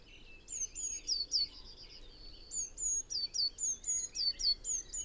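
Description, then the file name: Eurasian blue tit calling with quick, high, thin notes in two runs, over a hissy background with faint lower chirps. "Cyanistes caeruleus"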